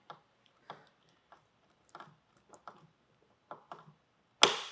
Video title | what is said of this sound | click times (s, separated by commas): etrailer - Installation Guide for the Yakima BaseLine FX Roof Rack - 2025 Ram 1500 | until it clicks into place tail is going to be very similar | 4.4 s